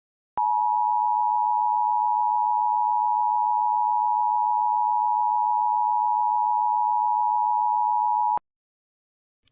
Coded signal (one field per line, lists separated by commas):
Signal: Emergency Alert System (SAME) tones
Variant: 853 and 960 Hz attention tone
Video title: Pennsylvania Required Monthly Test September 15, 2022 (Zachary Reynolds EAS Screen)